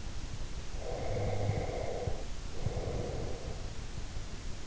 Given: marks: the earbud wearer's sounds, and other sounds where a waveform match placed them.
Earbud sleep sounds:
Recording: sounds in sleep by an in-ear microphone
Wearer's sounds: breath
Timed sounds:
0.76-3.75 s: breath

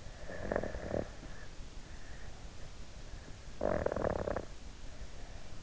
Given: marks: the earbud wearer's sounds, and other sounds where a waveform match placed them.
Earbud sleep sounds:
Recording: sounds in sleep by an in-ear microphone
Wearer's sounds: snoring breath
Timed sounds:
0.34-1.70 s: snoring breath
3.20-4.71 s: snoring breath

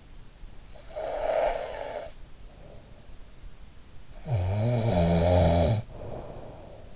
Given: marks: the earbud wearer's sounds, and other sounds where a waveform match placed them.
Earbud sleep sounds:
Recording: sounds in sleep by an in-ear microphone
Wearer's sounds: snoring breath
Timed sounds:
0.39-2.56 s: snoring breath
3.70-6.96 s: snoring breath

